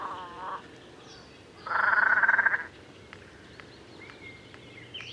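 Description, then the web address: Great crested grebe with a brief note, then one loud buzzy pulsed rattle lasting about a second, while thin whistles of other birds sound faintly. "chant xeno-canto grebe huppe"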